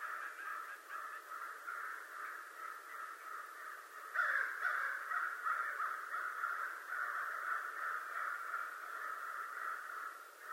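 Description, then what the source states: American crow cawing, softer at first, then louder from about four seconds on, harsh calls running together without pause. Recorded 25 November 2011.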